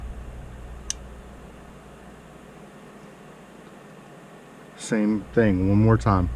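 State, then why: Seated. During an armorer function check of a 1911 pistol, the slide is run forward through feeding and chambering and locks up into battery on the frame and barrel. A sharp metallic click at 0.9 s marks positive lock-up over a steady background hum. Someone talks near the end.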